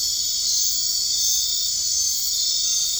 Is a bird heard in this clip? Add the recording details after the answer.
no. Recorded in dense forest near Puerto Asís, Putumayo, Colombia, on 21 March 2025 at 21:00. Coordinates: 0.485, -76.318. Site G056